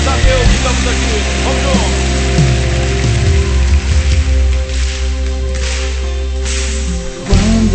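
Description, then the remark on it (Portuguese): An audience at a worship service applauds the Lord in a dense, steady wash of clapping that holds for about seven seconds, with low sustained tones droning underneath before it drops off at the end. “Então, pode aplaudir melhor.”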